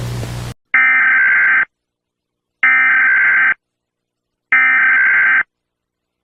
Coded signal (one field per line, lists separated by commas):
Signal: Emergency Alert System (SAME) tones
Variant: header bursts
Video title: Emergency Alert System-Funny Bunny